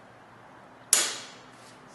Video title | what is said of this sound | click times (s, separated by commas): How To Setup the Grow Lab 145 Indoor Grow Tent - Step by step | Snap right in there. | 0.9 s